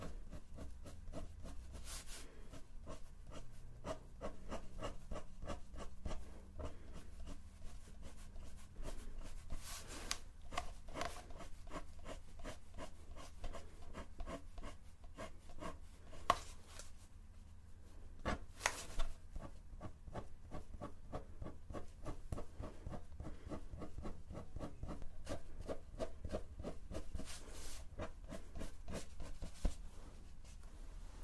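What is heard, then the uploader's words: Soft plucking and face touching, a steady run of small, quick rubbing and tapping sounds with a constant low hum beneath. The dense clicks continue throughout, with a few sharper, brighter snaps around 2, 10, 16 and 19 seconds. ASMR Tingle Spa Shaping Your Brows - Plucking & Face Touching.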